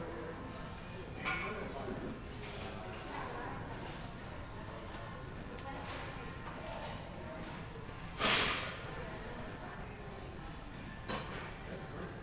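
Shoppers murmur in a steady, dense hum of voices with rumbling underneath, like furniture being moved or a cart rolling. Short scraping or clattering bursts break through near 1, 4 and 11 seconds, and a sharper hiss-like swish cuts in around 8 seconds.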